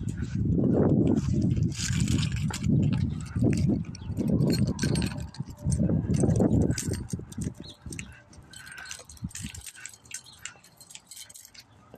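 Cars rumble past in a series of low, swelling surges during the first eight seconds, each pass rising and fading within a second or so. Light metallic clinks and rattles are scattered throughout, like a bike knocking against pavement, and things grow quieter toward the end.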